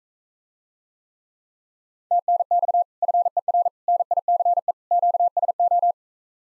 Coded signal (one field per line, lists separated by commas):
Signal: Morse code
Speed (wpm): 45 wpm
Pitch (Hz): 700 Hz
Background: none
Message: TNX FER NICE QSO